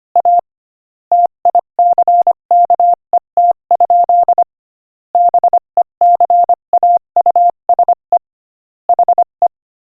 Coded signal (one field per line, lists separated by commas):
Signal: Morse code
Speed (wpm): 25 wpm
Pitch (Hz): 700 Hz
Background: none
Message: A TICKET? BECAUSE HE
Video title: Morse Code Practice: 25 wpm Joke #7